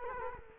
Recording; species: mosquito wingbeat signal from an infrared sensor; Culex quinquefasciatus